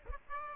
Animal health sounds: mosquito wingbeat signal from an infrared sensor; Aedes aegypti

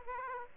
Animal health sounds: mosquito wingbeat signal from an infrared sensor; Aedes aegypti

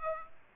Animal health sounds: mosquito wingbeat signal from an infrared sensor; Aedes aegypti

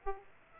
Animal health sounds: mosquito wingbeat signal from an infrared sensor; Aedes aegypti

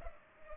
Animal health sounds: mosquito wingbeat signal from an infrared sensor; Culex pipiens

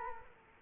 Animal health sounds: mosquito wingbeat signal from an infrared sensor; Culex quinquefasciatus

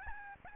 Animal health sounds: mosquito wingbeat signal from an infrared sensor; Aedes albopictus

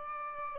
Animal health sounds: mosquito wingbeat signal from an infrared sensor; Aedes albopictus

